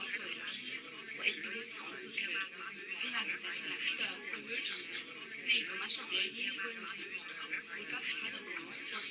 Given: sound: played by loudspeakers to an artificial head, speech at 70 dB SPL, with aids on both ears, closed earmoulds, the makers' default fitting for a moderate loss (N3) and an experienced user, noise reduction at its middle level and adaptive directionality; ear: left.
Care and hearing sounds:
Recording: speech test signal (ISTS) in cocktail-party noise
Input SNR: -6 dB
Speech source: on the right (90 degrees)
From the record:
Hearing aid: class 2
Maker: H

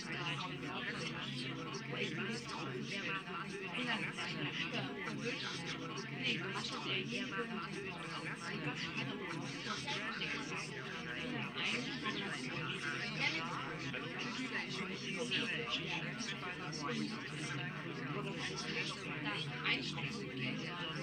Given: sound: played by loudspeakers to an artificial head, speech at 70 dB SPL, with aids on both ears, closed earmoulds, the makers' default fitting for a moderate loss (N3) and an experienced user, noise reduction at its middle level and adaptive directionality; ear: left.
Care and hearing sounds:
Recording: speech test signal (ISTS) in cocktail-party noise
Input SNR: -6 dB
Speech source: on the right (90 degrees)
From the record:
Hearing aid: class 2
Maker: F

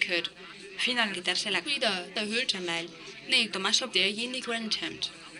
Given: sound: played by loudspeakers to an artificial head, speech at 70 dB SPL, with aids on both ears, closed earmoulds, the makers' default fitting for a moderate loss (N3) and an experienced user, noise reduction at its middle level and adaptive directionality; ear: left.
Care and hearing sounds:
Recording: speech test signal (ISTS) in cocktail-party noise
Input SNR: +9 dB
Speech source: in front (0 degrees)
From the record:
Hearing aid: class 2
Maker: B

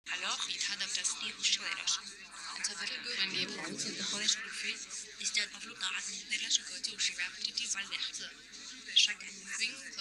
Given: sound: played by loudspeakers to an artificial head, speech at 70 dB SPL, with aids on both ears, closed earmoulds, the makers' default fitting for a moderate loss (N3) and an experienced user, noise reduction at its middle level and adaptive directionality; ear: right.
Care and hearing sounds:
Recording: speech test signal (ISTS) in cocktail-party noise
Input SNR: -3 dB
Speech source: on the right (90 degrees)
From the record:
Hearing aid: class 1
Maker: J

